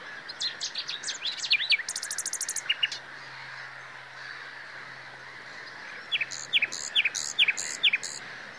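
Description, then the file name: Common nightingale singing varied phrases: quick chattering notes, a fast high rattle, a pause, then a series of loud, evenly spaced downslurred notes, over a steady hiss. "Luscinia megarhynchos"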